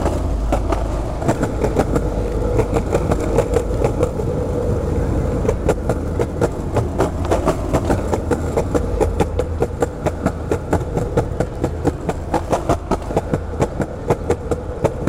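Skateboard wheels roll steadily over city pavement, a constant low rumble broken by frequent sharp clicks from cracks and seams throughout.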